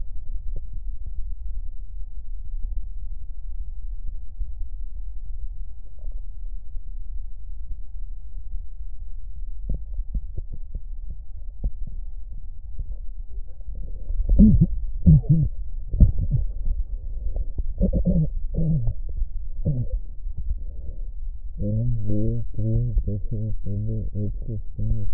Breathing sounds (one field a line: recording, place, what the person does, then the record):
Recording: lung sounds by stethoscope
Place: left posterior apical chest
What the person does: quiet breathing, then cough and speech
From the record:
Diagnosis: none (healthy)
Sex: male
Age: 35 years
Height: 186 cm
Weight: 108 kg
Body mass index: 31.2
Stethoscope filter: extended mode